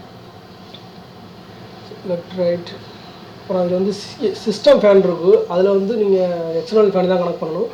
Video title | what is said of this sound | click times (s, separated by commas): Lapcare H61 Motherboard Unboxing & Review Tamil, How to Upgrade Intel core i3 step by step Guide | நல்லா press பண்ணிங்கன்னா அது lock ஆகிடும். | 0.8 s